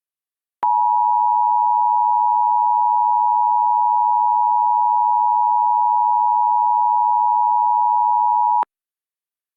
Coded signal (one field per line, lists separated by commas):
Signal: Emergency Alert System (SAME) tones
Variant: 853 and 960 Hz attention tone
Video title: EAS Mock: Simplex Fire Alarm Voice Evac